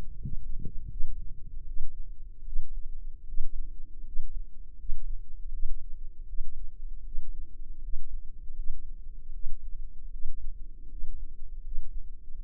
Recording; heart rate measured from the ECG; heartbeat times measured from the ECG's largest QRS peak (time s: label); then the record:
heart sounds by microphone in the left ear; 79 bpm
0.17 s: heartbeat
0.88 s: heartbeat
1.64 s: heartbeat
2.43 s: heartbeat
3.25 s: heartbeat
4.03 s: heartbeat
4.76 s: heartbeat
5.50 s: heartbeat
6.25 s: heartbeat
7.03 s: heartbeat
7.80 s: heartbeat
8.55 s: heartbeat
9.31 s: heartbeat
10.10 s: heartbeat
10.88 s: heartbeat
11.62 s: heartbeat
12.34 s: heartbeat
From the record:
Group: healthy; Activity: rest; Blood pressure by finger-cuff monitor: 124/75 mmHg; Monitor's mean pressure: 91 mmHg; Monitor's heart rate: 79 bpm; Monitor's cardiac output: 6.5 L/min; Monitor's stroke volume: 83 mL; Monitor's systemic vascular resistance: 1020 dyn s/cm5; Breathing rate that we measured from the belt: 16 breaths a minute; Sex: female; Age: 24 years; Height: 163 cm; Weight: 55.7 kg